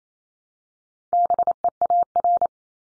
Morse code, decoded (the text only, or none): BEAR